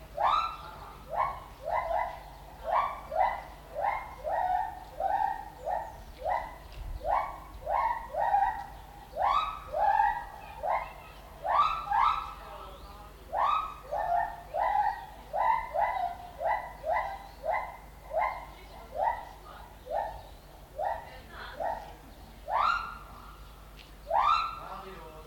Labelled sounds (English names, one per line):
Lar Gibbon call